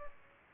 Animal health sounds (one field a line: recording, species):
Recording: mosquito wingbeat signal from an infrared sensor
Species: Aedes aegypti